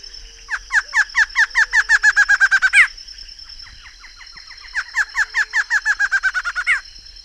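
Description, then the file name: Barred antshrike song given twice: each an accelerating run of nasal, barking notes ending on a sharper upturned note, with a constant high drone throughout. Recorded in the Pantanal. "Choca barrada"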